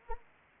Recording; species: mosquito wingbeat signal from an infrared sensor; Anopheles arabiensis